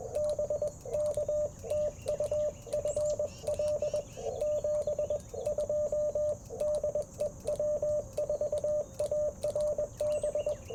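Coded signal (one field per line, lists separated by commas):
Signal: Morse code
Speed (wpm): 20 wpm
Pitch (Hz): 590 Hz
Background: none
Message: BK TU FL 72 DE W4ARB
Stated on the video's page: QRP CW Parks on the Air activation at a national forest, Icom IC-705 with Alex Loop antenna, Modern Morse Nameless key.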